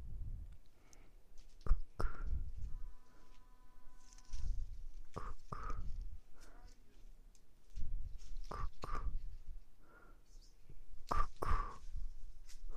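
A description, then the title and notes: Backyard sounds: irregular knocks and clattery taps arrive every second or two, some with a short ringing edge, over low thumping rumbles. From about the third to the fourth second a steady buzzing tone holds, then stops. Gaps between are fairly quiet. Backyard mic.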